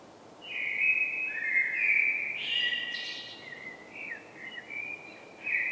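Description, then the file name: Common blackbird song, with mellow whistled notes running into a long varied warble and a squeaky high flourish, followed by shorter fluty notes and another phrase at the end. "Turdus merula"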